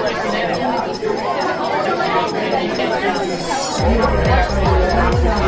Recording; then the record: background sound without coughing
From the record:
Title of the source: Nightlife Party Simulating Party Club Noise 1 Hour